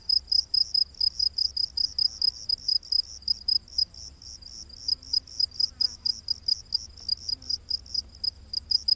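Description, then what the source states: Cricket chirps, sharp high-pitched pulses in a fast, even rhythm, with a soft low rumble beneath. Rainforest at night.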